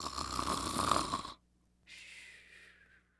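A loud, rattling inhaled snore from an adult woman lasts about 1.3 seconds, with strong low flutter and a buzzing tone. A pause follows, then a softer, airy breath out.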